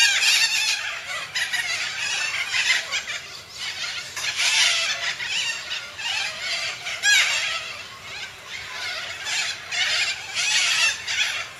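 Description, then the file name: Major Mitchell's cockatoo producing near-continuous harsh screeching, loud and grating throughout, with a strong outburst around seven seconds. "canto da cacatua inca"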